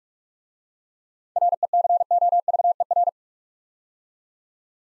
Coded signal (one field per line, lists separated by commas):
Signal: Morse code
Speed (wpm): 44 wpm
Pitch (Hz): 700 Hz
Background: none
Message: RECOVER